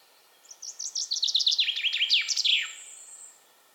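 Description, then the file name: Common chaffinch song: a bright run of chirpy notes tumbling downward over about two seconds and ending in a quick flourish, followed by a faint thin high note. "Fringilla coelebs"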